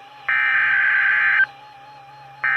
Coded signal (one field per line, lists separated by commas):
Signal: Emergency Alert System (SAME) tones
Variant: header bursts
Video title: EAS 581-582 - Severe Thunderstorm Watch on 2 stations